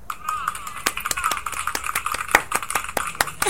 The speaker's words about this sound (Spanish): Se ganó unos aplausos nuestro queridísimo compañero